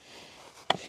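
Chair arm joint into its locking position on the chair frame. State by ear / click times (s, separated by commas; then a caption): seated / 0.7 s. A collapsible YETI camp chair is unfolded and its arm joint is pushed hard into its locking position on the chair frame. After a quiet stretch of low background noise, a single sharp click sounds at 0.7 s as the arm snaps into place. The arm is confirmed seated and locked.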